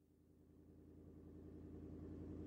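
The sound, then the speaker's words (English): A car engine purrs low in the distance, a steady, smooth rumble with a faint rhythmic throb that slowly swells a little louder over a couple of seconds, with no voices. “And then you hear it. The low purr of a car engine far off in the distance. Only this car doesn't use the normal roads.”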